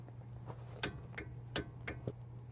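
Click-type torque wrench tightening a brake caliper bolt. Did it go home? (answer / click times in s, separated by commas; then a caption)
yes / 1.6 s. A click-type torque wrench on a steel socket tightens a brake caliper bolt on a 2009 Toyota Yaris, the larger bolts rated at 76 foot-pounds. Sharp ratcheting ticks sound over a steady low hum, and the wrench gives its sharp torque click at 1.6 s. That click means the set torque is reached, so tightening stops there rather than going past it.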